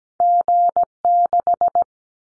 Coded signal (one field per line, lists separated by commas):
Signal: Morse code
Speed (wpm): 17 wpm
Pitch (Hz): 700 Hz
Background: none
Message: G6